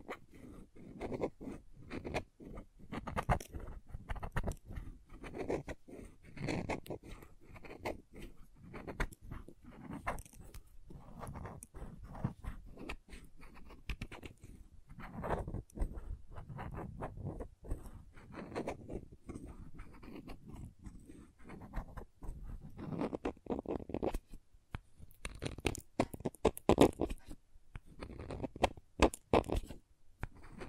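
Crayons tap, scrape and scratch across a surface in a dense, irregular run of short strokes lasting the whole half minute. The sounds are mostly low and dry, with sharper clicks and taps, a few louder bursts near 26–27 seconds.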